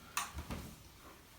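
The leg piece of an Iron Studios Spider-Man Legacy Replica 1/4 statue is pushed into its mounting peg hole. A sharp click at 0.2 s is followed by a duller, lower creak around 0.5 s. The leg seats fully and holds.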